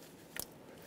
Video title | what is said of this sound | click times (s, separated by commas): How to Replace Ignition Coils 2012-2020 Chevrolet Sonic | install the connector push until you hear a click | 0.4 s